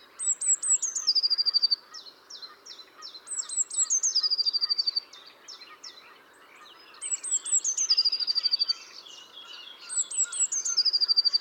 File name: Cyanistes caeruleus